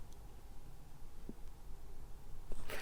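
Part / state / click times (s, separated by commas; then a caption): model ball joint into plastic socket of the foot / not seated / none. A plastic ball of a model's foot joint is pressed into its plastic socket, producing faint scrapes and small knocks over a quiet background, with a louder burst of friction noise near the end. The joint moves, but nothing has clicked into place yet.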